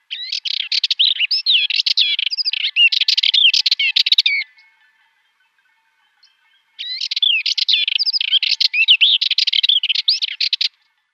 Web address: Schulze Peter Sardinian Warbler song